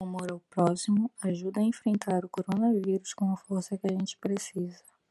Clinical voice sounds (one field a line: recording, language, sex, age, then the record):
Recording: spoken sentence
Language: Brazilian Portuguese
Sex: female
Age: 20 to 29 years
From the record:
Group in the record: control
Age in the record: 25 years